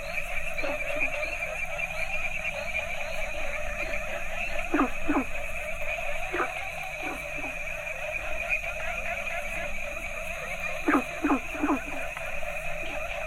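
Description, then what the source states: Frogs calling in a dense chorus: steady droning tones beneath loud, quick downward-sweeping croaks that come in scattered pairs and triplets. Mixed variety of Asian frog species calling together.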